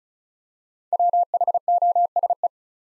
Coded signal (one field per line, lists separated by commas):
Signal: Morse code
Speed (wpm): 36 wpm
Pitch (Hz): 700 Hz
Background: none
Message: WHOSE